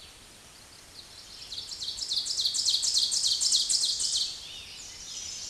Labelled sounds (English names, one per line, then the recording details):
Ovenbird song
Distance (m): 15 m
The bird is about 5 m above the microphone
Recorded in a Pennsylvania forest on 16 May 2024 at 06:33
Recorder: AudioMoth, point MSD-0475
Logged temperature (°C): 12.3 °C
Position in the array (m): 135 m, 5 m